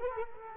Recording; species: mosquito wingbeat signal from an infrared sensor; Culex quinquefasciatus